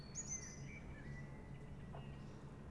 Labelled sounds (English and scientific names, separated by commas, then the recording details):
Common Blackbird (Turdus merula)
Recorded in Germany
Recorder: ecoPi